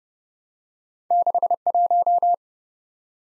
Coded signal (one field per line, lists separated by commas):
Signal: Morse code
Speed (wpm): 27 wpm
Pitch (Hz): 700 Hz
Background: none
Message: 61